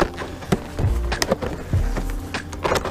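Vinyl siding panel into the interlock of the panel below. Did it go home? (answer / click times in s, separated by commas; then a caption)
yes / 1.2 s. A replacement vinyl siding panel is pushed down and locked into the interlocking lip of the course below. Several sharp knocks and rattles come before the panel clicks into place at 1.2 s, and the click shows it is seated home.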